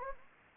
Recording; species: mosquito wingbeat signal from an infrared sensor; Anopheles gambiae